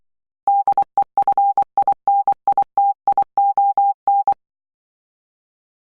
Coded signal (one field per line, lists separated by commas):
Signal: Morse code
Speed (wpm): 24 wpm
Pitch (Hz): 800 Hz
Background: none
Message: DEFINITION